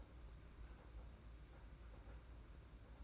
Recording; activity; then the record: daily activity, microphone in the room; open fridge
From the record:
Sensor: 2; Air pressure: 991.8 hPa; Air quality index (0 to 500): 222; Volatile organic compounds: 1000 ppm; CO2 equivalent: 7396 ppm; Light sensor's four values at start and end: 26/83/32/30 and 26/83/32/30